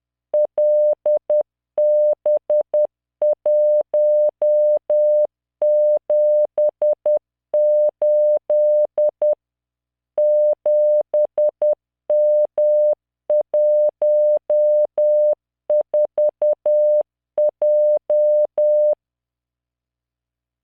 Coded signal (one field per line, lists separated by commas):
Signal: Morse code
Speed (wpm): 10 wpm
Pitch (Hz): 600 Hz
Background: none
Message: LB178 7M14J